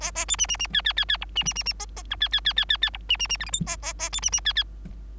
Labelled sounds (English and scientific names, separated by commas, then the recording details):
Bengalese Finch (Lonchura striata domestica) song
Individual Bird3